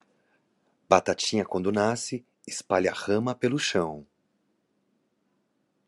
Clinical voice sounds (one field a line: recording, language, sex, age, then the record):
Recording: short text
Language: Brazilian Portuguese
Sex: male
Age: 40 to 49 years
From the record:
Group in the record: control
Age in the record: 41 years